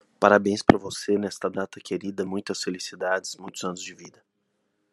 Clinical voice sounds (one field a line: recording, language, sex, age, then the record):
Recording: short text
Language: Brazilian Portuguese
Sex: male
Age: 50 to 59 years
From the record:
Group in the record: control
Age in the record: 53 years